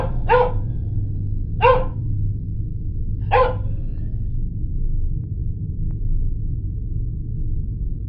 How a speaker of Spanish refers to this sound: Un perro empezó a ladrar afuera, seguido de un silencio total.